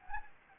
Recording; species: mosquito wingbeat signal from an infrared sensor; Anopheles gambiae